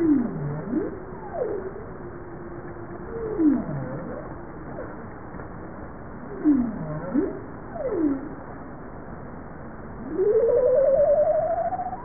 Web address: Bowhead